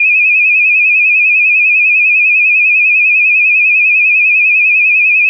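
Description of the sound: A synthesized, continuous high-pitched tone at about 2500 Hz with a fast, regular warble from frequency modulation and fainter overtones above it, simulating tinnitus.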